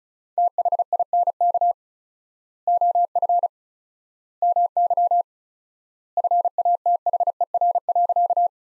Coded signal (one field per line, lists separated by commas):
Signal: Morse code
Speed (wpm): 36 wpm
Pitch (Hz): 700 Hz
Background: none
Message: THINK OF MY FATHER.